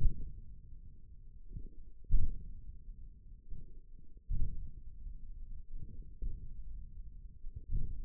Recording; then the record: forearm muscle sounds (acoustic myography)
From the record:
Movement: hook grip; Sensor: system 1, eight BSWA MPA416 microphones around the upper forearm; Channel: 2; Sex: male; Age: 28 years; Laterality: right